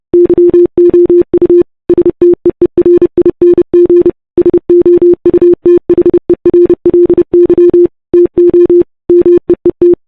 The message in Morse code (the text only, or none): YOU STEERING SOUTHERLY TO MEET